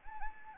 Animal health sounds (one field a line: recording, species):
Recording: mosquito wingbeat signal from an infrared sensor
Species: Anopheles arabiensis